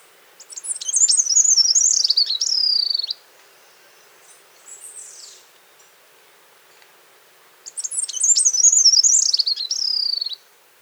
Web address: Birds of the Costa Rican Cloud Forest Song and call